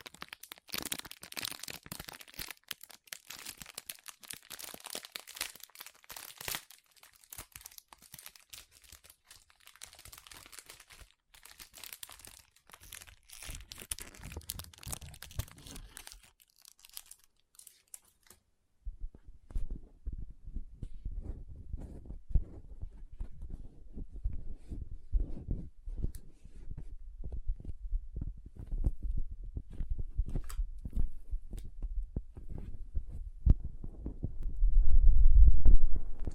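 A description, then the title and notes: Soft crinkling and cutting sounds, with dense, bright crackling bursts packed through the first eighteen seconds. After a brief near-silence, the texture turns low and muffled, with soft squishy, sticky presses that grow louder toward the end, peaking in a final thump. Soft Squishy Sticky, Crinkle, Cutting Sounds.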